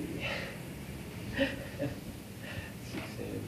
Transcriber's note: laughs